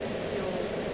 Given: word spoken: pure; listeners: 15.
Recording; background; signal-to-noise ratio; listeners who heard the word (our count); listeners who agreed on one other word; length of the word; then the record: one English word in noise, from a listening test; speech-shaped noise; -4.8 dB; 1 of 15; 7 of 15; 0.54 s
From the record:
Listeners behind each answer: 7, 2, 2, 1, 1, 1, 1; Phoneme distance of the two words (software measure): 7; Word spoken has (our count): 1 syllable, 3 phonemes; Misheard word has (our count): 1 syllable, 2 phonemes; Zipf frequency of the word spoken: 4.35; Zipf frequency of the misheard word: 6.50